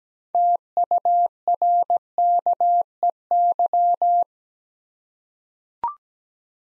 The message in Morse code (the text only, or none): TURKEY